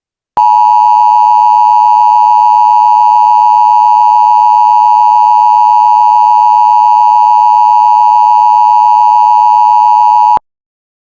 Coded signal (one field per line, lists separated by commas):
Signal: Emergency Alert System (SAME) tones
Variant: 853 and 960 Hz attention tone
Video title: Eas scenario #2 : Country-humans…